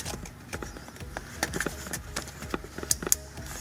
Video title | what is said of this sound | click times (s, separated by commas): HOW TO REPLACE REAR BRAKE PADS AND SENSORS ON PORSCHE CAYENNE AUDI Q7 VW TOUAREG | Okay, push it in until it clicks really good. | 2.9 s, 3.1 s